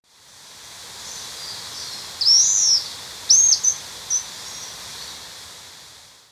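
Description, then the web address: Slaty-backed chat-tyrant with one thin rising-and-falling whistle, then a pair of quick high notes and a last brief tick, over steady background hiss. Ecuador. "Birds of Ecuador. Slaty-backed Chat-Tyrant"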